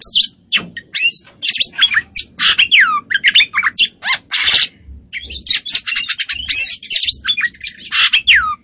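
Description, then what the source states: Oriental magpie-robin singing a fast, rich medley of slurred whistles, down-swept notes and scratchy chatter, almost without a break. Kacer poci variety, singing vigorously and continuously (gacor).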